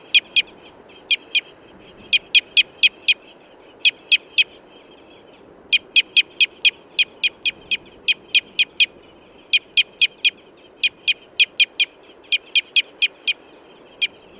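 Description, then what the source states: Red Crossbill uttering repeated sharp, high kip notes in rapid clusters with brief pauses, steady throughout, over a soft background hiss. Red Crossbill of call type N.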